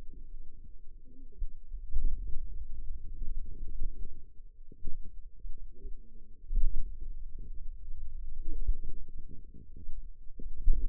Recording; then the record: forearm muscle sounds (acoustic myography)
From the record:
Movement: pen grasping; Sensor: system 2, bracelet of six BSWA MPA416 microphones around the upper forearm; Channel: 2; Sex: female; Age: 21 years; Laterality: right